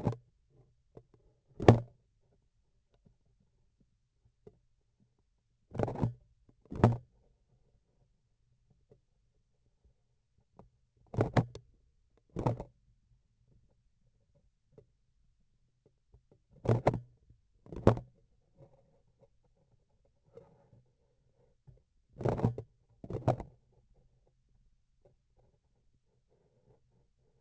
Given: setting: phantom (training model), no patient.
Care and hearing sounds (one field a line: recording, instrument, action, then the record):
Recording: laparoscopic instrument, vibration sensor on the handle end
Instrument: grasping forceps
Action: opening and closing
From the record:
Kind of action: tool actuation without material contact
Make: other than Olympus